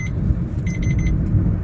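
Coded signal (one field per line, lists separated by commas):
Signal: alarm pattern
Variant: in-car warning beep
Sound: quick high beeps, about seven, in short pairs over engine rumble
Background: car engine rumble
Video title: ബീപ് സൗണ്ട് കേൾക്കുന്നുണ്ടോ ഇത് ശ്രദ്ധിക്കുക | Beep sound inside car be careful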